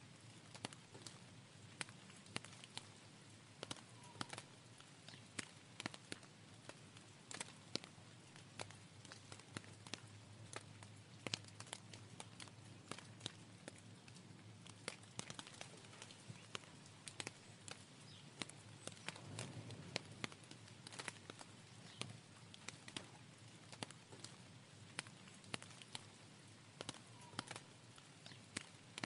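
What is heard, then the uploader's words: Raindrops fall steadily, a dense patter of sharp individual taps spread across the whole recording. A soft continuous hiss sits underneath, with a faint low rumble swelling briefly around fifteen and twenty seconds. Raindrops - Ambient, Nature Sounds.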